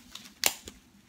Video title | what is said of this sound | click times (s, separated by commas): Heavy duty light weight umbrella by crown coast review | heard the click, right? | 0.5 s